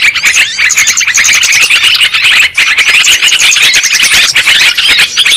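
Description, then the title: Lovebird chatter, a dense wash of high sharp squeaks and chirps from several birds, steady and unbroken. Lure sound for trapping lovebirds. "PIKAT BURUNG LOVEBIRD"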